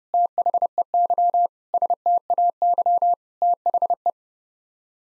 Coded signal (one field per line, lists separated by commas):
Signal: Morse code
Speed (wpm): 32 wpm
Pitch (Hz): 700 Hz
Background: none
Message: THEY STAY THE